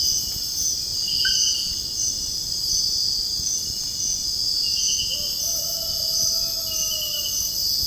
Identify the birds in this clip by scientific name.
none